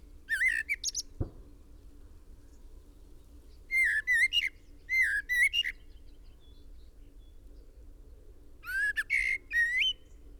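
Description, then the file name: Common blackbird song, several whistled phrases separated by pauses; a single sharp click sounds early on. "Turdus merula"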